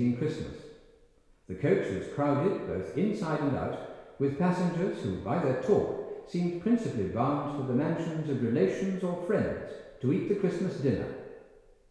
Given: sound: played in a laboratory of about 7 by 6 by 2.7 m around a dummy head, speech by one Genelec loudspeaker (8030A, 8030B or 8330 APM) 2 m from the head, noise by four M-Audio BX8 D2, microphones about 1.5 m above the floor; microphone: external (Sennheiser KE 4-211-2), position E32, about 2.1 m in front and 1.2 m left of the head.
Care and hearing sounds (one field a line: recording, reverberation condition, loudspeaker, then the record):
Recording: male speech in English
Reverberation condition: high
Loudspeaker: 30 degrees to the left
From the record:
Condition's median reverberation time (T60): about 1300 ms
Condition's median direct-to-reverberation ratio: about -4.0 dB